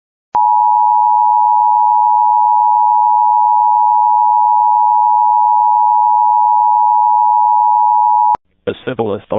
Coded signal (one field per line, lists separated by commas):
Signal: Emergency Alert System (SAME) tones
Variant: 853 and 960 Hz attention tone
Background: speech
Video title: Utah amber alert for a endangered 9 year old EAS #53